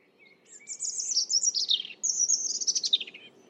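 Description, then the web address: European robin singing, opening with a soft, thin whistle before two quick rushes of high, jingling, quickly changing notes that slide downward. "Deverinetal 2025"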